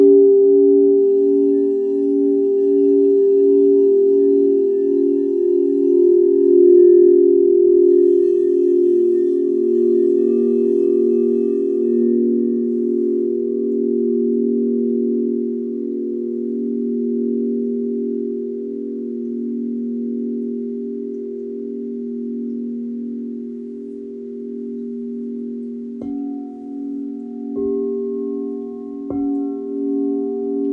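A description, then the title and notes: A singing bowl hums a steady, low, pulsing tone that lingers throughout, with faint higher overtones and soft new strikes near 26 and 29 seconds. Individual Bowl Sound Bath.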